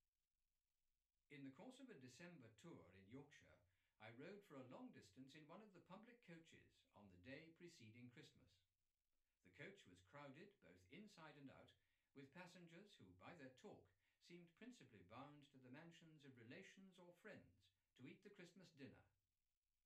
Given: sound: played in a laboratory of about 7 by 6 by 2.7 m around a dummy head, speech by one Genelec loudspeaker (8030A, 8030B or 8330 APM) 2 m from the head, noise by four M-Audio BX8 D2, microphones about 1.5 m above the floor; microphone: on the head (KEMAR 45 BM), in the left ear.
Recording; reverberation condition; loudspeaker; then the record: male speech in English; low; 150 degrees to the right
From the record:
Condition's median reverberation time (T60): about 310 ms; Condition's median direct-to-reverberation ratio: about 3.5 dB